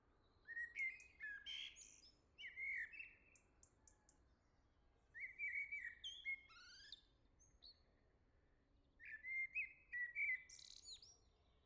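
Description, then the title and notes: Common blackbird singing mellow whistled phrases that dip and slide, closed by thin high chatter, with short silent gaps between several phrases. "Le Merle salue l'été, La Jarrie, France. Quel Sol!!!! pour saluer l'arrivée de l'été ce matin! Merci Jolie Merle de tes vocalises à proximité!"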